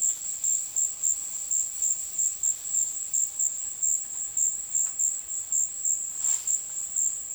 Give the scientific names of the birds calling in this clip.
none